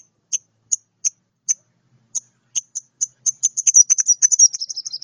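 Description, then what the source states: Oriental magpie-robin giving spaced high sharp chips, quickening in the second half into a rapid rattling run of notes. Lively singing for bird training; described as a champion bird in full song.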